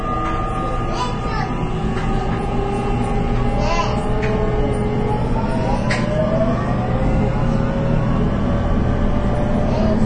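A local train on the Nippou line runs steadily, a dense low rumble that barely changes in level for the whole ten seconds. Thin whining motor tones slide and rise above it, and brief clatters cut through near 1, 4 and 6 seconds, with faint voices possibly mixed in.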